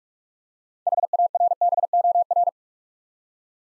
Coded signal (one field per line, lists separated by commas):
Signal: Morse code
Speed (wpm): 44 wpm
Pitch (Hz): 700 Hz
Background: none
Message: HARBOR